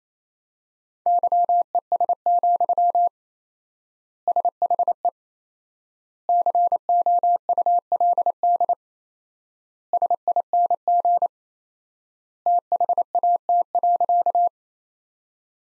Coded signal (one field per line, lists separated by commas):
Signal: Morse code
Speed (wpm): 28 wpm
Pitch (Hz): 700 Hz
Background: none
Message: YES, SHE COULD SING THAT.